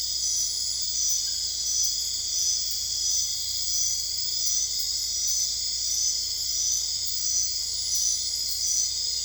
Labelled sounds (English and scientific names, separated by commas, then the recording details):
none
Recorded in dense forest near Puerto Asís, Putumayo, Colombia, on 21 December 2024 at 23:30
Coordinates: 0.485, -76.318
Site GP03